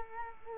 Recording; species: mosquito wingbeat signal from an infrared sensor; Culex quinquefasciatus